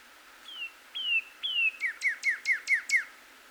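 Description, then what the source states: Northern cardinal song: three drawn-out descending whistles followed by a rapid string of short down-slurred chips. Recorded 26 April 2019.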